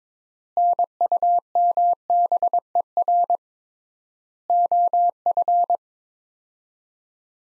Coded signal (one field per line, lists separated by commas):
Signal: Morse code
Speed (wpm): 22 wpm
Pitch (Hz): 700 Hz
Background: none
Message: NUMBER OF